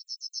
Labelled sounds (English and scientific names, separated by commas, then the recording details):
Yellowhammer (Emberiza citrinella) song
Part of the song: start
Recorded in the Czech Republic on 11 June 2012
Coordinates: 49.108, 15.157
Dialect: BC
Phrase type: G34
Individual 299694